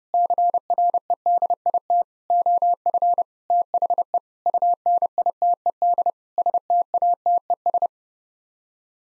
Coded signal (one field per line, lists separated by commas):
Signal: Morse code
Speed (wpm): 30 wpm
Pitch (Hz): 700 Hz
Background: none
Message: CREDIT OF THE UNITED STATES